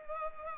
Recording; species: mosquito wingbeat signal from an infrared sensor; Culex pipiens